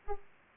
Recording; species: mosquito wingbeat signal from an infrared sensor; Aedes aegypti